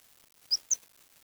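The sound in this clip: Bird call, two very high, thin, short chip notes in quick succession, otherwise quiet.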